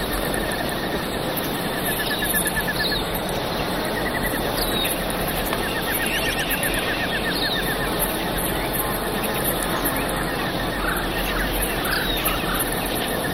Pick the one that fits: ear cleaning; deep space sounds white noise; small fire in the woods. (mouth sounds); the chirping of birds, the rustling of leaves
the chirping of birds, the rustling of leaves